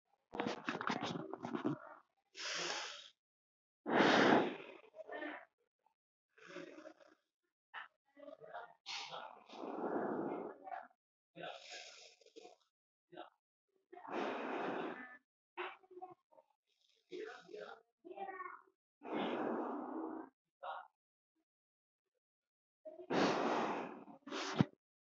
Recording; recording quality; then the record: deep breathing; moderate, slight background noise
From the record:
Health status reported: healthy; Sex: female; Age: 21 years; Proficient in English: yes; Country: India